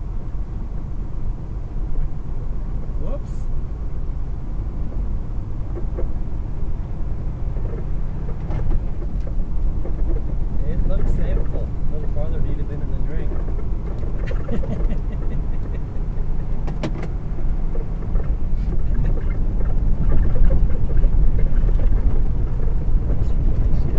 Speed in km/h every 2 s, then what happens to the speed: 16, 16, 19, 21, 21, 23, 27, 29, 31, 31, 34, 37.
0-9 steady at about 19. 9-24 speeds up to 37.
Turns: none.